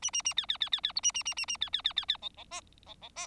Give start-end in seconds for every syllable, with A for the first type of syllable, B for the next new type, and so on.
0.02-0.11 A, 0.13-0.22 A, 0.25-0.34 A, 0.37-0.46 B, 0.48-0.57 B, 0.60-0.69 B, 0.72-0.80 B, 0.83-0.92 B, 0.95-1.01 C, 1.03-1.12 A, 1.14-1.23 A, 1.25-1.34 A, 1.36-1.46 A, 1.48-1.57 A, 1.61-1.70 B, 1.73-1.82 B, 1.84-1.93 B, 1.96-2.05 B, 2.08-2.17 B, 2.22-2.29 D, 2.37-2.44 D, 2.50-2.61 E, 2.86-2.94 D, 3.01-3.09 D, 3.16-3.27 E